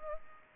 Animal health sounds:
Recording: mosquito wingbeat signal from an infrared sensor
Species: Culex pipiens

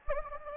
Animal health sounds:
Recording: mosquito wingbeat signal from an infrared sensor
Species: Anopheles gambiae

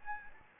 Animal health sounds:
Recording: mosquito wingbeat signal from an infrared sensor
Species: Anopheles gambiae

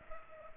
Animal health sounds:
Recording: mosquito wingbeat signal from an infrared sensor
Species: Culex pipiens

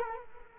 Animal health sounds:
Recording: mosquito wingbeat signal from an infrared sensor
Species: Culex quinquefasciatus

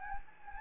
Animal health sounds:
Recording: mosquito wingbeat signal from an infrared sensor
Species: Anopheles gambiae

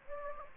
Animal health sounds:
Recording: mosquito wingbeat signal from an infrared sensor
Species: Anopheles gambiae

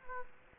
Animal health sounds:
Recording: mosquito wingbeat signal from an infrared sensor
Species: Aedes aegypti

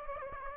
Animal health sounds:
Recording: mosquito wingbeat signal from an infrared sensor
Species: Aedes aegypti

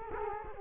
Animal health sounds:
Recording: mosquito wingbeat signal from an infrared sensor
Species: Culex quinquefasciatus

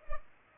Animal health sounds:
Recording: mosquito wingbeat signal from an infrared sensor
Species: Culex pipiens

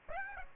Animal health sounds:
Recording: mosquito wingbeat signal from an infrared sensor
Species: Aedes aegypti

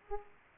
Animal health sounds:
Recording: mosquito wingbeat signal from an infrared sensor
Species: Aedes aegypti

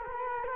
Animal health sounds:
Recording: mosquito wingbeat signal from an infrared sensor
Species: Culex quinquefasciatus

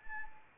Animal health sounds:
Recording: mosquito wingbeat signal from an infrared sensor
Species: Anopheles arabiensis

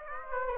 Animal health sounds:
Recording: mosquito wingbeat signal from an infrared sensor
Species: Aedes aegypti

